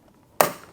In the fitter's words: you can actually hear that click.